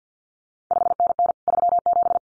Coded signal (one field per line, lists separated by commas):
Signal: Morse code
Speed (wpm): 50 wpm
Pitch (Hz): 700 Hz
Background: none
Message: 5NN 37